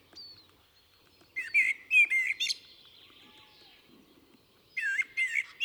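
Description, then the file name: Common blackbird song: two bursts of fluty warbled notes with thin, high twitters, separated by a quiet pause of about two seconds. "Turdus merula"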